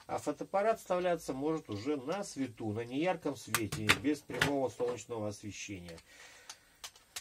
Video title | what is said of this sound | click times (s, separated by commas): Отечественные малоформатные фотоаппараты | что касается вот ведь хоть это не встает на место по ощущениям немножко и что-то мешает для того чтобы оно стало немножко вытянуть пошевелить вот эту планочку | none